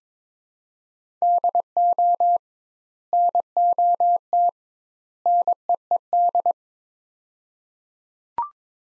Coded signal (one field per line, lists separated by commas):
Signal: Morse code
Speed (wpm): 21 wpm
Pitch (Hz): 700 Hz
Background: none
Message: DO NOT NEED